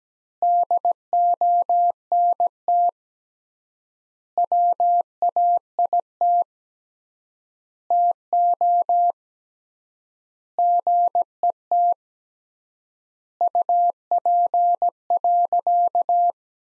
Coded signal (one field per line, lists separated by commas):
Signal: Morse code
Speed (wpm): 17 wpm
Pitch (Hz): 700 Hz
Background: none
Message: DONT WAIT TO GET UP.